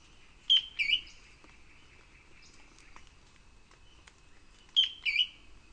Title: LuckyPassaro Completos2Sama. Ferruginous Antbird (Drymophila ferruginea)